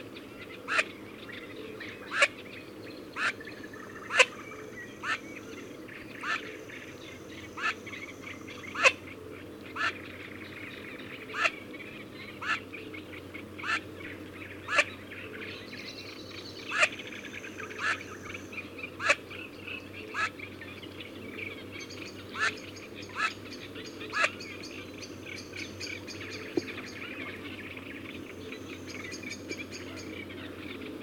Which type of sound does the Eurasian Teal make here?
call